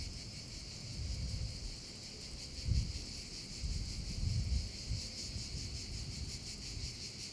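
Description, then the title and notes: Cicada chorus: a steady high buzz with a slight rhythmic pulse, with bursts of low rumbling noise underneath. Chorus of cicadas over the Vallo di Diano valley, Geoparco Padula, Italy; recorded with a Zoom H6 and MS capsule. "Geoparco Padula - Cicale sulla valle del Diano. Registrato con Zoom H6 e capsula MS"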